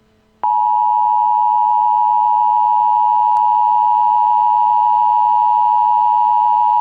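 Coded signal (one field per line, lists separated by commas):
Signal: Emergency Alert System (SAME) tones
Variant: 853 and 960 Hz attention tone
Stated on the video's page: Mock Emergency Action Notification for a fictional alien invasion, not a real alert.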